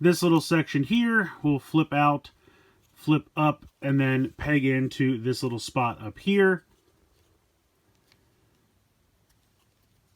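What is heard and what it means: Someone talks for about the first six and a half seconds while handling a toy figure, working a small flip-up plastic chest section that is meant to peg into its slot. After that it goes nearly silent, with only a few faint, tiny handling ticks around 8.0, 8.1 and 9.3 seconds. Nothing has seated or clicked yet; the chest section is not yet home.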